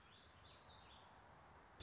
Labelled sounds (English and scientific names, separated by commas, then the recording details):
Warbling Vireo (Vireo gilvus)
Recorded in Sonoma County, California